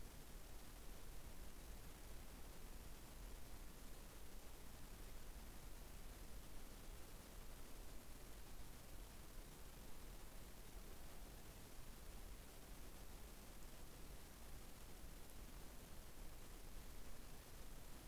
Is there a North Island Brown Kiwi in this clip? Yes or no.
no